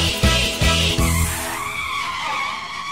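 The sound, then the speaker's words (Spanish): A car engine revs in three quick bursts, then gives way to a steady, high-pitched screech of tires skidding. No one speaks. “En el auto de papá nos iremos a pasear.”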